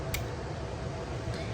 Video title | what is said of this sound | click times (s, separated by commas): Ford Engine Harness Main Connector Replacement | Once you kind of hear it click back in, | 0.1 s